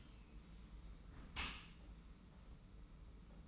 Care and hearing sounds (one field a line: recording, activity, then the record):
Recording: daily activity, microphone in the room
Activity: close dishwasher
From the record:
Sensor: 1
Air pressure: 991.4 hPa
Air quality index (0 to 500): 121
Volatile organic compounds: 214 ppm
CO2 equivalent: 4259 ppm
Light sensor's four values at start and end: 40/125/49/51 and 40/125/49/51